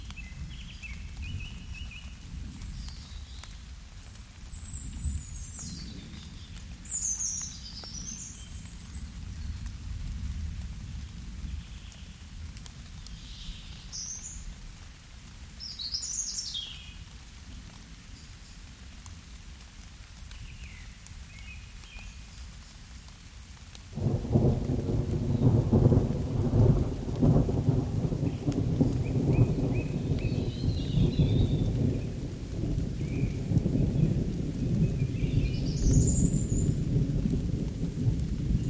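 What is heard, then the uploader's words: Calm rain falls in a forest, with a low rumble of thunder rolling underneath throughout. Birds sing high, quick phrases scattered through the clip. About twenty-four seconds in, the rain and rumble swell abruptly louder and denser, staying that way to the end. Calm rain with thunder and birdsong in a forest in southern England. Calm rain and thunder in the forest.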